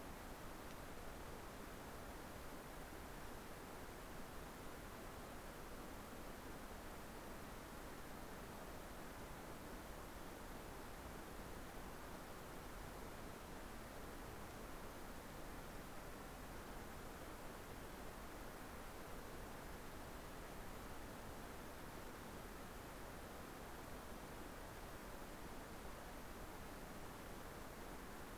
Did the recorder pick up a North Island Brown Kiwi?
no